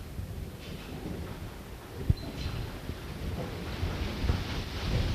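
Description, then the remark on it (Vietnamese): Steady, dense hiss of rain falling with gusty wind, fairly quiet overall, broken by one brief sharp thump partway through and a slight swell toward the end; no one speaks. “Bây giờ về phần nhận sát duyên, các vị mà trời mưa nhớ sụp cái đó xuống bớt bớt nè, để thôi mưa tạt vô cái bàn.”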